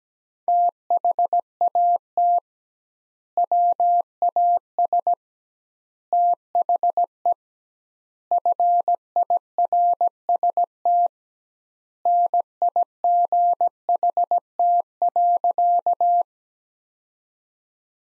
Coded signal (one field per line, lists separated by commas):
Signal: Morse code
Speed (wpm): 17 wpm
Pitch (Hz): 700 Hz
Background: none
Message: THAT WAS THE FIRST NIGHT.